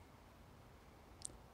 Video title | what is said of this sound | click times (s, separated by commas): Tesla Model 3 Won't Let Go of Charge Cord - Manual Release | unlike unlock charge port you heard the little click and | 1.2 s